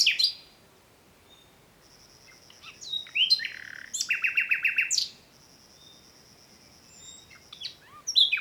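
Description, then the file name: Common nightingale song with clear whistles, a loud rapid rattling trill of repeated notes near four seconds, and pauses filled by a thin high steady tone. "Luscinia megarhynchos"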